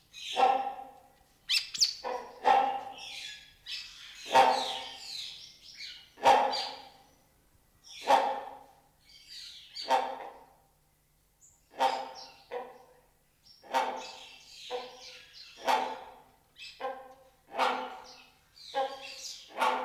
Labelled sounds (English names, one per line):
Great Hornbill